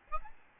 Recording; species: mosquito wingbeat signal from an infrared sensor; Aedes albopictus